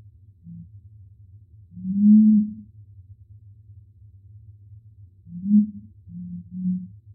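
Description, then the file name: Curassow uttering low humming booms: a brief soft note, a long swelling hum, then after a gap a short boom and two clipped low notes, over a low steady hum. "Canto do mutum do norte"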